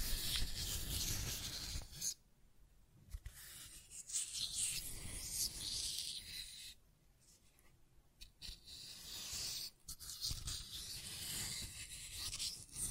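Scratching and tracing sounds come in rough, uneven strokes, hissy and bright with a low rumbling rub underneath. Quiet gaps break the activity near 2, 7 and 10 seconds, then the dense scraping resumes with small sharp ticks scattered through it.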